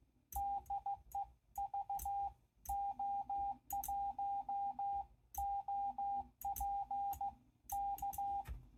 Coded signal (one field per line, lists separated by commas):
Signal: Morse code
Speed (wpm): 15 wpm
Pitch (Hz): 800 Hz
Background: radio noise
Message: DE VO1OP K